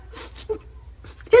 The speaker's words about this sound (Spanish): Es que se acabaron las vacaciones. ¿Y por eso estás llorando, mija? Es que yo le había agarrado tanto cariño a las vacaciones.